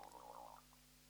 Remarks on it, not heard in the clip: Oh my God, that was my stomach. I should have eaten something.